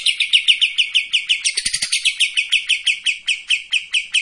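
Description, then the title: Streak-eared bulbul song: a long run of fast, high, buzzy chattering notes, rapidly repeated and slightly uneven in rhythm, continuing without a break throughout. Actively singing bird with long 'besetan' phrases and 'tembakan' (shooting) notes; clear audio used as tutor song for training white-rumped shama. "KAPAS TEMBAK GACOR TEMBAKAN DAN BESETAN PANJANG AUDIO KERNIH COCOK UNTUK MASTERAN MURAI BATU PASTOL"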